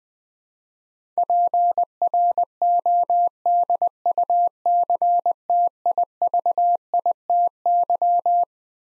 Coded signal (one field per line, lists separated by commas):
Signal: Morse code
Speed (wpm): 20 wpm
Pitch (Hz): 700 Hz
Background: none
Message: PRODUCTIVITY